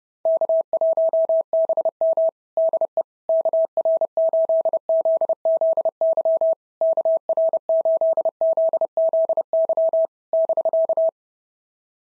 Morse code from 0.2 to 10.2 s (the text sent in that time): K1BM DE KR8ZZY KR8ZZY